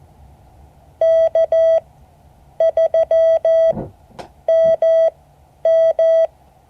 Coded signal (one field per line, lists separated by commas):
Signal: Morse code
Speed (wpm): 14 wpm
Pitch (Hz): 650 Hz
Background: none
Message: K3MM